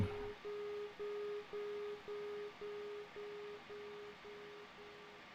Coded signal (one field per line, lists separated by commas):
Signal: none